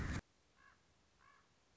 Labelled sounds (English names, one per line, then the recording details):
Common Raven
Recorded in Sonoma County, California